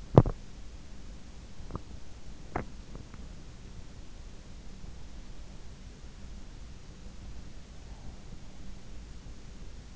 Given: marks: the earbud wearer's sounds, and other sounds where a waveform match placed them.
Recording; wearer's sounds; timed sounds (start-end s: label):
sounds in sleep by an in-ear microphone; teeth grinding
0.00-0.45 s: teeth grinding
1.64-3.25 s: teeth grinding